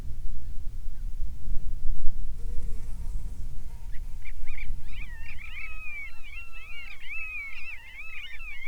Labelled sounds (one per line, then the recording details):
seabird
insects
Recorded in the Arctic National Wildlife Refuge, Alaska, on 7 July 2019 at 18:52
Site 41